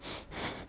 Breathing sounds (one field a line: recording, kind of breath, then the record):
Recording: one breath in and out by a microphone near the nose and mouth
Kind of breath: strong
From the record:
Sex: male